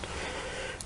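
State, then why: Seated. A metal retaining clip is pushed onto the crankshaft of a Farmertec Huztl MS250 chainsaw to hold the clutch drum, bearing and washer in place. Steady broadband hiss runs throughout, with a brief transient at 0.0 s and a sharp, short snap at 0.8 s. The clip snaps into place and is seated.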